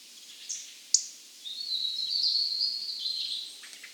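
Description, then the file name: European robin giving a sharp tick, then a long, thin, high drawn-out note that wavers slightly before fading; light background hiss. "Erithacus rubecula"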